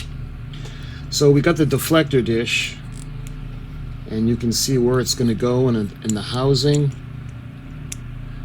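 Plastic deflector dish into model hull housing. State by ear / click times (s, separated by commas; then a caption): seated / 7.9 s. Someone talks while fitting the plastic deflector dish from an original-release 1966 AMT Star Trek U.S.S. Enterprise spaceship model kit (first tooling and molds) into its housing in the model hull. After the talking stops, a sharp click at 7.9 s marks the dish snapping into place, seated.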